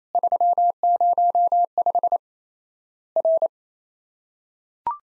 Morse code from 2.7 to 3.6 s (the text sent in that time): R